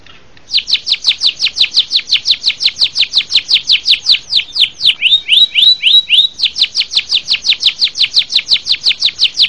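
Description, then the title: Bird song of fast, rapidly repeated high descending chirps in a long steady series, briefly shifting to a different note pattern midway before resuming. "LuckyKumpulan SuaraBurung"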